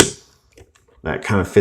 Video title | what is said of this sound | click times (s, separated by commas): XTransbots Savant Review | that and it'll pop right out that | 0.0 s